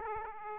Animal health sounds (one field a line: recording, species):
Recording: mosquito wingbeat signal from an infrared sensor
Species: Aedes aegypti